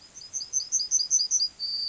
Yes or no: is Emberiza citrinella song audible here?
yes